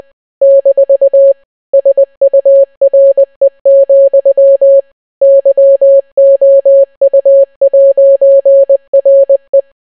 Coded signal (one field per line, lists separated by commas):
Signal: Morse code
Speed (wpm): 20 wpm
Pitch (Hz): 550 Hz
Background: none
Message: - SURE, YOU'RE